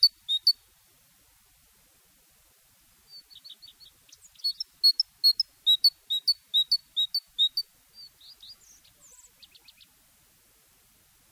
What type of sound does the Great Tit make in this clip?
song